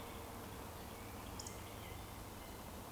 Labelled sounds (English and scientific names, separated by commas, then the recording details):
Eurasian Woodcock (Scolopax rusticola) whistle
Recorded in Baden-Württemberg, Germany, on 23 June 2020 at 19:56 UTC
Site 14569, 102 m above sea level